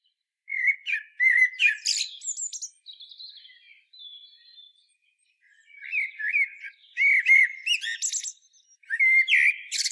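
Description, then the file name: Common blackbird song with fluty warbles and squeaky high flourishes, a quieter trailing passage in the middle, then more loud mellow phrases. "Turdus merula"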